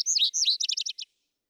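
Vesper sparrow song fragment of rich, rapid warbled notes running into a short series of downslurred chips, lasting about one second.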